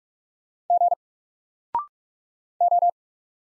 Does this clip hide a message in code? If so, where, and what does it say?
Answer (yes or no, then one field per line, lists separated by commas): yes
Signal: Morse code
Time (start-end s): 0.7-2.9 s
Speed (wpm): 44 wpm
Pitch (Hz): 700 Hz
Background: none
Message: G O